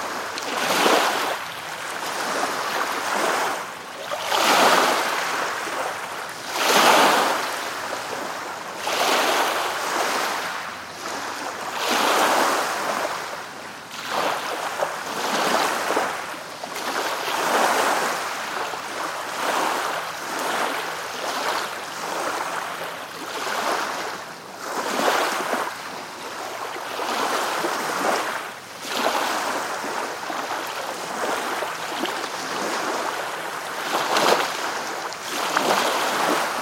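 Small waves lap steadily at a lakeshore, washing in every two or three seconds with bright splashy bursts over a soft, continuous wash.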